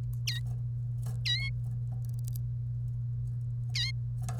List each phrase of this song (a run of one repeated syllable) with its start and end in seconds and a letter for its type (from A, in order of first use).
0.27-0.40 A, 1.25-1.50 A, 3.75-3.91 A